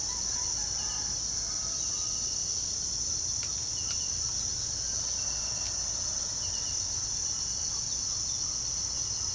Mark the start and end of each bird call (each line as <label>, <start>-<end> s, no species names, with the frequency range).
bird call (0.7-1.6 kHz), 1.32-2.40 s
bird call (0.7-2.3 kHz), 2.96-4.38 s
bird call (0.5-1.9 kHz), 6.63-9.34 s